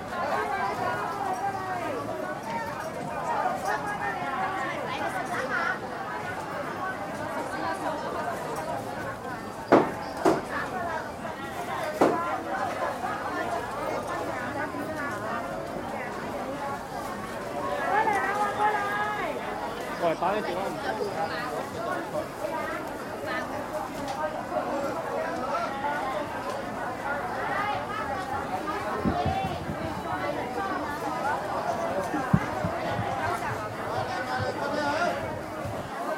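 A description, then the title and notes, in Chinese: Recorded in the middle of a road beside a wet market, hawkers call out their wares in a steady, dense stream of voices that overlap and never pause. A few sharp knocks or clatters stand out near ten, twelve and thirty-two seconds. Hong Kong-and its three wet markets。Today we are delighted to share some sounds recorded in Hong-Kong by field recordist Peter Wong.這段聲音是在街市旁馬路中心位置採集的，捕捉到小販熟練而忙碌的叫賣聲。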